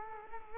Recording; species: mosquito wingbeat signal from an infrared sensor; Culex quinquefasciatus